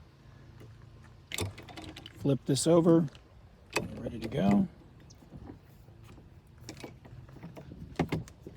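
The safety arm of a wheelchair-accessible swivel seat lift in a Lexus GX SUV is handled: pulled up and out, then flipped over, while someone talks. Short metallic knocks and rattles are heard around 1.3, 3.8 and 8.0 seconds. The arm has not yet locked into place.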